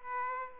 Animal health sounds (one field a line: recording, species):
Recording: mosquito wingbeat signal from an infrared sensor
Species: Aedes aegypti